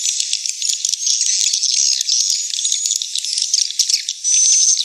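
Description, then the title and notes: Shrill swiftlet twittering with clicking, rattly pulses and a faint high whistle, growing louder and steadier near the end. Swiftlet house sound of the AKAU brand, from Tien Giang, Vietnam. "Am thanh nha yen Akau Vietnam - Tien giang. Những âm thanh chim yến thuộc thương hiệu AKAU"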